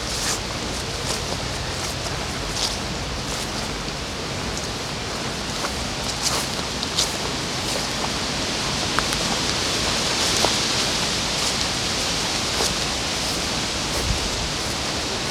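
Along the river in Odense, a steady, dense hiss fills the whole recording, like wind or rushing water, with a low rumble underneath. Short bright ticks and taps recur every second or so, and the hiss swells slightly brighter around the tenth second.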